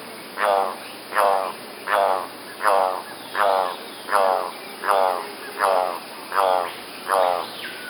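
Golden-collared toucanet giving a series of ten harsh, rattling, croaking notes at a steady rhythm of about one every 0.75 seconds.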